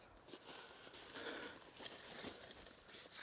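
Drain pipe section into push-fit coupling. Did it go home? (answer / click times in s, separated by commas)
no / none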